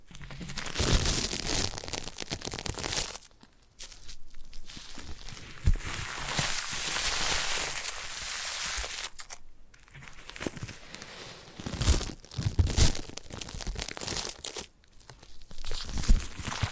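Foam being rubbed and squeezed in a massage, giving a dense, scratchy crinkling hiss with soft thuds underneath. The rubbing comes in long, uneven strokes, broken by brief pauses near 3, 9 and 15 seconds before resuming with sharper crackles.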